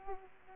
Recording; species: mosquito wingbeat signal from an infrared sensor; Aedes aegypti